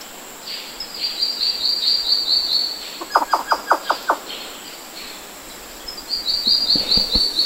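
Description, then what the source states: African giant squirrel call: a quick run of six sharp, clucking notes in about a second, with high, rapid chittering trills before and after. Protoxerus stangeri, recorded at Sangha on 14 February 2021 around 1:03 PM.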